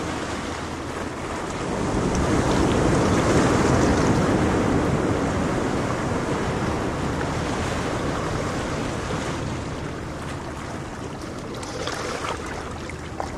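Ocean waves wash in a dense, steady rush, swelling louder around two to six seconds before easing back to a softer, even hiss.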